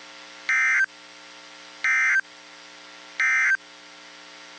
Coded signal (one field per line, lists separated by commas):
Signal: Emergency Alert System (SAME) tones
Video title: EAS 1676-1685 (4/13/22)